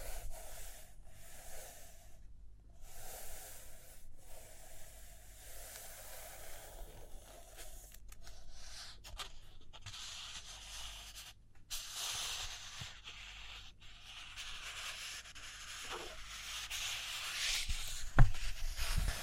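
Pages turn and a pen scratches in uneven bursts of papery rustle and scraping, with a low steady hum beneath and a sharp tap near the end.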